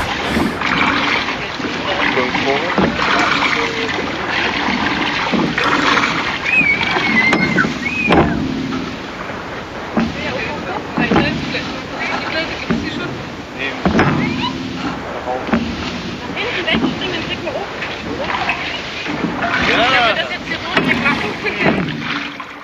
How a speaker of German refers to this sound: Ja, das sind Rudergeräusche. Ich habe mich nämlich auf einem Fluss befunden im Jahre 2008